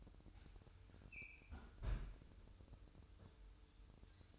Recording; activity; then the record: daily activity, microphone in the room; close fridge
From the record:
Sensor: 2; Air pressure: 988.3 hPa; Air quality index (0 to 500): 189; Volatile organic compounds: 172 ppm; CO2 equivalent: 4112 ppm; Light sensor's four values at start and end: 21/70/27/26 and 21/70/27/26